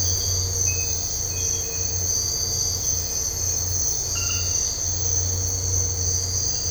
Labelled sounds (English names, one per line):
none